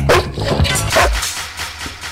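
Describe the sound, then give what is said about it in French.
A dog lets out three loud, sharp barks in quick, uneven succession, followed by a quieter stretch with faint rustling noise. “Allez, parce que pour le plaisir, moi, j'adore écouter mon chien.”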